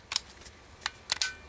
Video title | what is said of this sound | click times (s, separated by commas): Kel Tec PF9 9mm Pistol | Make sure you hear that click. | 1.1 s